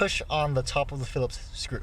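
A plastic push-in retainer clip with a Phillips-head center pin sits already fitted in its hole in the trunk trim panel of a 2001 Toyota Camry, about to be pressed down on its pin to lock it. Throughout the clip only someone talking is heard, with no sharp snap. Nothing has seated or clicked yet.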